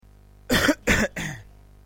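An adult coughs three times in quick succession, each a short, harsh burst, with the last one trailing off.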